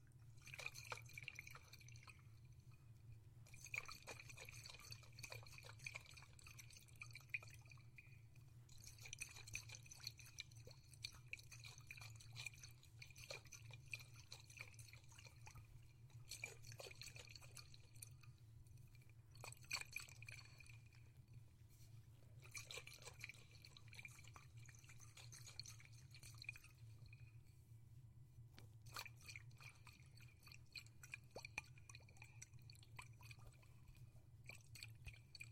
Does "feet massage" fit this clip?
no